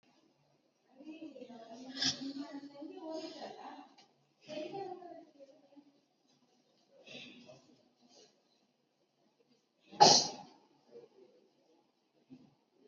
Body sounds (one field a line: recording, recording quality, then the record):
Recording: deep breathing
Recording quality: poor, much background noise or distortion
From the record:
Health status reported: exposed to COVID-19, no respiratory illness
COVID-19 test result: negative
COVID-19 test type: RT-PCR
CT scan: not taken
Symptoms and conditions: cough, cold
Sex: female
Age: 35 years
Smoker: no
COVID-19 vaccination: both doses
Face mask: worn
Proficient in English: yes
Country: India